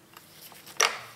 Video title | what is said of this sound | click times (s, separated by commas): Husqvarna 125B leaf blower with broken fuel lines | so and again this just clicks into place abracadabra | 0.8 s